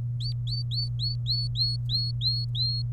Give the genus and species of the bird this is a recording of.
Serinus canaria